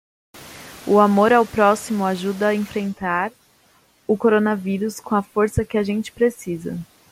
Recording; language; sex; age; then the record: spoken sentence; Brazilian Portuguese; female; 20 to 29 years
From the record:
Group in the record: control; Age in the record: 28 years